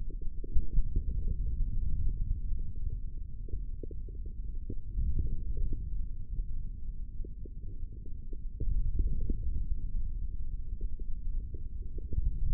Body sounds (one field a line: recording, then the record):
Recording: forearm muscle sounds (acoustic myography)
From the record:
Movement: hand closing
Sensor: system 3, bracelet of six PUI Audio POM-2738L microphones around the upper forearm, with dedicated amplification and filtering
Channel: 4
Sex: male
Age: 25 years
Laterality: right